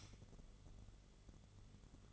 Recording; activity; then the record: daily activity, microphone in the room; light off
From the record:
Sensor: 4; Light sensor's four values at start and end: 12/27/11/10 and 11/25/10/9